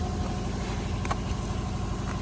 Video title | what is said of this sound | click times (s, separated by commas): 13-18 Subaru forester Cabin air filter, quick guide to replace! | Push it until it snaps in. | 1.1 s